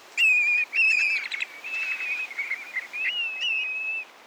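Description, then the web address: Black-bellied plover flight song: a run of bright, warbling whistles that slur up and down, nearly continuous for about four seconds, with faint steady background hiss. Male circling overhead giving its flight song; an Arctic-breeding shorebird that nests on tundra. "BIRD NOTE. Black bellied Plover Arctic Nester"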